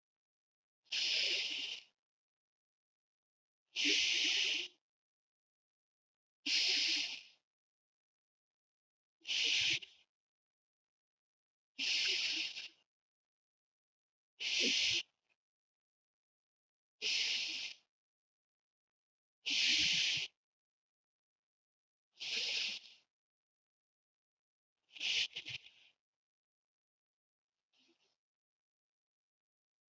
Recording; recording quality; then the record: deep breathing; excellent, no background noise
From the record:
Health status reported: healthy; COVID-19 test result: negative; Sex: male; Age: 30 years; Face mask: worn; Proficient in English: yes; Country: United States